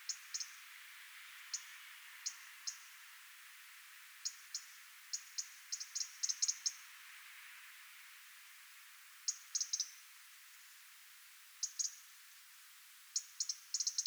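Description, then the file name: European robin call: short, high, dry ticks, single or in quick clusters, scattered irregularly throughout over a faint steady hiss. "Erithacus rubecula"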